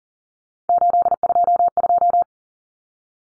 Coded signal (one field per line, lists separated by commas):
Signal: Morse code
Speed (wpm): 40 wpm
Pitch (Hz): 700 Hz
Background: none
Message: 822